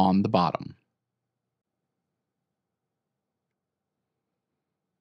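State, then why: Not seated. Someone talks briefly while holding a second plastic drive tray, checking that it is turned the right way with its label on the bottom before it is pushed into the metal drive bay of an external storage enclosure. Short ticks of tray handling are heard in the first 0.8 seconds, followed by silence. Nothing has seated or clicked into the bay yet.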